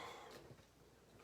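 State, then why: Not seated. A card-making cutting insert is handled over the plastic track of a die-cutting accessory, with only faint, low rustling and handling noise and a brief slight rise near the end at about 1.2 s. The insert is not yet home, and nothing has seated or clicked yet.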